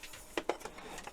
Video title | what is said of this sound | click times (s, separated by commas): Hachette's Build the U96 U boat pack 28 Kits 109 to 112 | That clicked into place. | 0.4 s, 0.5 s